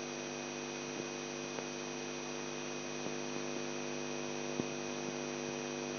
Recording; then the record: brain microelectrode recording played as sound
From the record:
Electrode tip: outside the subthalamic nucleus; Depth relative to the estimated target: -8 mm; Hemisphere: left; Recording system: AlphaMap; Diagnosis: Parkinson's disease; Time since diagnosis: 11 years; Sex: male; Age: 42 years